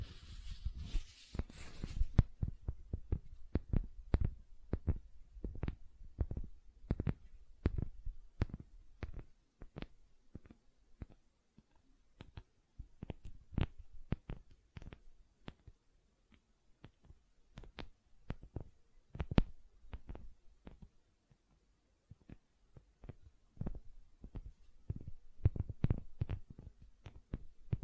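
Gentle silicone sounds: soft, low thumps and sharp little clicks tapping in a steady, quick rhythm, with brief hiss at the start.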